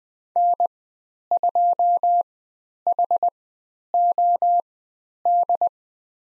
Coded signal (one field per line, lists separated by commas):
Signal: Morse code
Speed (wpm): 20 wpm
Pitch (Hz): 700 Hz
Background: none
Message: N2HOD